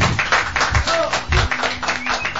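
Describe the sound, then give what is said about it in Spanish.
A studio audience claps in a dense, steady patter of many hands for a couple of seconds, with voices murmuring underneath. “Aplaudidores. Exacto.”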